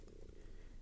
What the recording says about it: That was my stomach growling. I had basically like a early dinner, late lunch. So my stomach was growling.